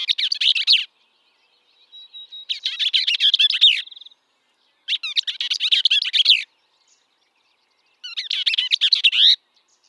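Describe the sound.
Bell's vireo singing fast, chattering warbles in bursts of one to one and a half seconds, with a thin steady whistle leading into one phrase, otherwise quiet.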